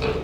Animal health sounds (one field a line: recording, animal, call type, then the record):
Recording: contact call of a hoofed animal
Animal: pig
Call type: closed-mouth grunt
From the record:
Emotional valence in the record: positive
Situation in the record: food and toys in familiar pen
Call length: 0.24 s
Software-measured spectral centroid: 1830 Hz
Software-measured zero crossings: 1560 a second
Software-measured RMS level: -24 dBFS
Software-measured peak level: -10 dBFS